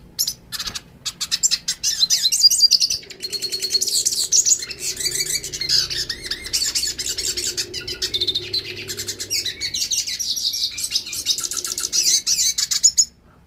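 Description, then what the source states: Yellow-faced siskin song, a sustained stream of rapid high chirps, twitters and trills that carries on steadily before stopping suddenly. Northeast Brazil.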